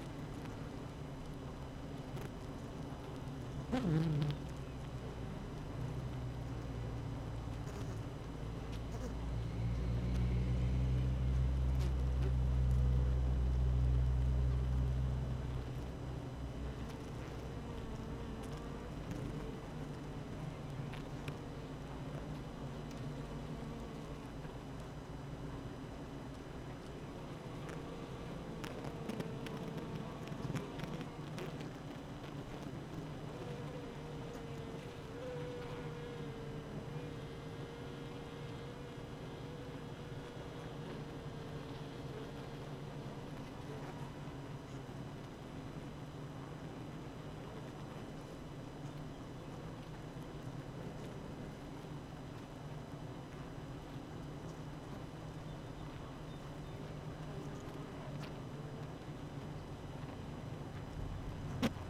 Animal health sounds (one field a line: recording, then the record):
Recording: honeybee colony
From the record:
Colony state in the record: active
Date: 12 June 2018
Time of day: 8:08